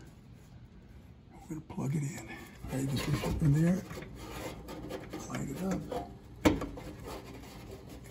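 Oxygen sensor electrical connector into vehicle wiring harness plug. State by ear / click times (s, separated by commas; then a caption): seated / 6.5 s. A downstream oxygen sensor (bank 1 sensor 2) on a 2014 Nissan Sentra with a 1.8 engine has its plastic wiring connector pushed into the mating vehicle harness plug while someone talks, with rubbing and scraping handling sounds. A sharp click at 6.5 s marks the connector latching, and it is seated.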